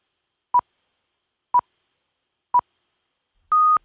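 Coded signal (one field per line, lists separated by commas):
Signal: radio time signal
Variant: Spanish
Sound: three short beeps one second apart, then one longer higher beep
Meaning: The final long pip marks the exact hour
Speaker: Son las 9, las 8 en la Comunidad Canaria, así nos lo indican las señales horarias.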